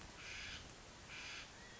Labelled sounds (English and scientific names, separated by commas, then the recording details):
California Quail (Callipepla californica)
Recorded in Sonoma County, California